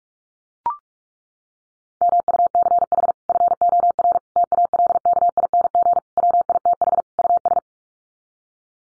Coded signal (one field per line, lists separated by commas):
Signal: Morse code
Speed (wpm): 44 wpm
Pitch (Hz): 700 Hz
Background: none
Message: MUCH FOR TALKING WITH US